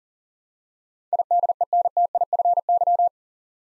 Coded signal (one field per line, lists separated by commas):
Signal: Morse code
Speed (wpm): 40 wpm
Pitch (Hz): 700 Hz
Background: none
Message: IDENTIFY